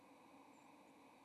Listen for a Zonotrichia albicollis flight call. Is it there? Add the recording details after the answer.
yes. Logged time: 07:52 on 30 October 2014